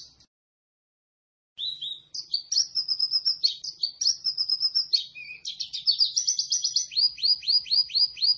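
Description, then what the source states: White-eye song: after a brief note and a pause, a fast, varied twittering chatter that ends in a quick run of repeated downslurred chirps. Lively, sustained singing described by the local term gacor.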